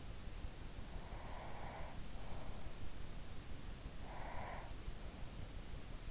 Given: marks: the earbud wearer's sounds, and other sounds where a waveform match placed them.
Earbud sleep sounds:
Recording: sounds in sleep by an in-ear microphone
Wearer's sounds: breath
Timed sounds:
0.94-2.70 s: breath
3.82-5.23 s: breath

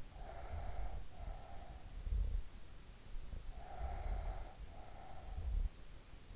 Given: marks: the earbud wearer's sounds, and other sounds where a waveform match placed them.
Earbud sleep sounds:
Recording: sounds in sleep by an in-ear microphone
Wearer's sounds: breath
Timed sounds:
0.00-2.01 s: breath
3.48-5.72 s: breath

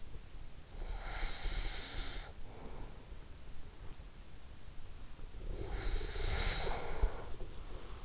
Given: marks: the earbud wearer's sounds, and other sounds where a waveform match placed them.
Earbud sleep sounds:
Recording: sounds in sleep by an in-ear microphone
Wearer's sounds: breath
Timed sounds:
0.74-3.00 s: breath
5.27-8.05 s: breath

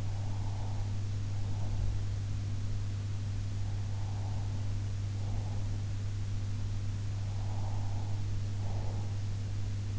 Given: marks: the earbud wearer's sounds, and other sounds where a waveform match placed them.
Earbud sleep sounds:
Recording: sounds in sleep by an in-ear microphone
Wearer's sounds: breath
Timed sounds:
0.00-1.97 s: breath
3.96-5.69 s: breath
7.32-9.17 s: breath

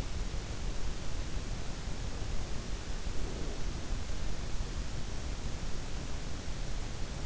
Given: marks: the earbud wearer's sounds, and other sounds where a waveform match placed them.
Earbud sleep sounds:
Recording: sounds in sleep by an in-ear microphone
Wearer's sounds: breath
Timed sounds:
2.96-4.21 s: breath

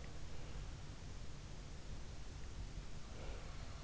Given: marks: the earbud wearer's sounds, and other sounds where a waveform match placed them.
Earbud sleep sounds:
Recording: sounds in sleep by an in-ear microphone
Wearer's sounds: breath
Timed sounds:
2.96-3.60 s: breath

